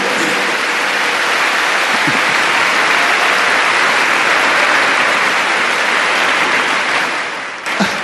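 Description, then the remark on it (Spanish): Steady, dense applause from a crowd at a talk in Guadalajara, a loud continuous wash of clapping that holds evenly for about seven seconds before tapering off near the end. “Pero que aplaudan, que me gustan los aplausos.”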